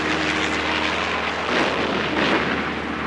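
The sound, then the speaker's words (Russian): A loud, steady propeller engine of a Northern Fleet 118th Reconnaissance Aviation Regiment aircraft drones as it passes over ships' masts in Altenfjord in rain and snow, descending to 50 metres; a broad rumbling roar with a throbbing low hum that swells slightly midway through, with no voices. “Прошел над мачтами кораблей. Снижаюсь до высоты 50 метров.”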